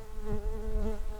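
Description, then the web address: Common carder bee buzzing: a steady low hum with layered overtones, holding nearly level pitch throughout with slight wavering. Workers. "Pascuorum workers"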